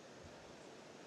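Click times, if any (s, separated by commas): none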